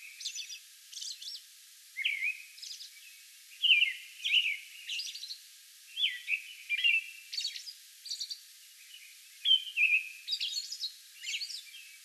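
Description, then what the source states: American robin singing a song of slurred whistled phrases mixed with high, thin, hissing notes. Song bout recorded on May 11.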